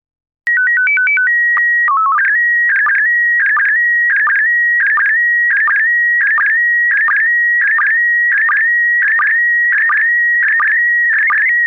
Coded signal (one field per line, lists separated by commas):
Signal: SSTV (slow-scan television)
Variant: PD 90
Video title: Slow Scan Radio, 31 October 2018, Ep. 13